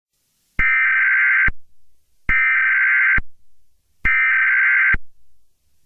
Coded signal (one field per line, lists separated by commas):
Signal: Emergency Alert System (SAME) tones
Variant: header bursts